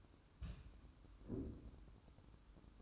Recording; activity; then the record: daily activity, microphone in the room; place on stove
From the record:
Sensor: 2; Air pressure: 1008.0 hPa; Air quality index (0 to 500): 113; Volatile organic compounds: 1 ppm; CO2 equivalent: 840 ppm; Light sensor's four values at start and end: 6/15/6/6 and 6/15/6/6